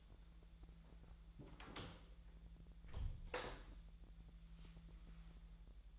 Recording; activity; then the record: daily activity, microphone in the room; close door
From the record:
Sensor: 3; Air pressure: 1001.2 hPa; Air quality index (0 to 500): 249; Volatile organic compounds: 169 ppm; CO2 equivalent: 4102 ppm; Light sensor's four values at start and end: 13/30/13/12 and 13/30/12/12